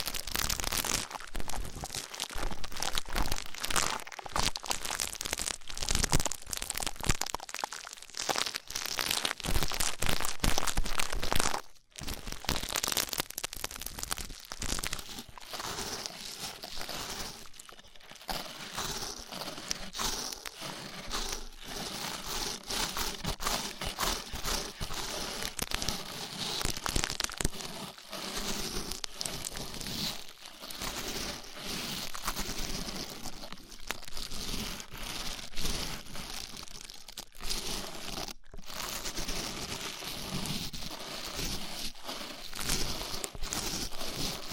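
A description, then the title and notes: Rough ear cleaning: dense, scratchy crackling and crinkling rubs along without pause, bright and gritty across the whole length. It is loudest in the first twelve seconds, drops after a brief break near twelve seconds, then continues slightly softer with short gaps around 18, 30 and 38 seconds. ASMR Rough Ear Cleaning (No Talking).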